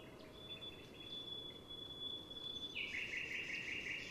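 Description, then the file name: Eurasian wren song: a thin sustained whistle gives way to a bright, fast rattling trill near the end, set against steady background hiss. "Troglodytes troglodytes"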